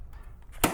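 A lithium battery pack with a positive lock is released from the battery port of an EGO lawn mower. After near silence with a few faint ticks, a sharp, loud hit at 0.6 s marks the pack popping out of the port.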